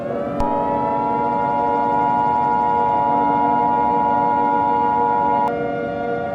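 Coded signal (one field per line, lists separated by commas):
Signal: Emergency Alert System (SAME) tones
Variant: 853 and 960 Hz attention tone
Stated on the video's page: Fictional EAS scenario using valid EAS tones.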